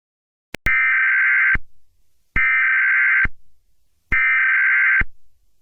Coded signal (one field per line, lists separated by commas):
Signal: Emergency Alert System (SAME) tones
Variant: header bursts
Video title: EAS Scenario #6: Your death wish came true (Puss In Boots)